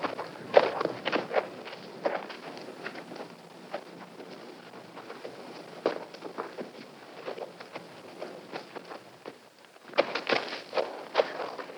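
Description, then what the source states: Horse hoofbeats: soft irregular thuds and scuffs in uneven clusters, pausing briefly before a livelier run of steps near the end. On sand or dirt.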